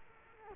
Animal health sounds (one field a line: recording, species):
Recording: mosquito wingbeat signal from an infrared sensor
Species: Culex quinquefasciatus